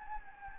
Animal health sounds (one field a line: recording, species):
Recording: mosquito wingbeat signal from an infrared sensor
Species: Anopheles gambiae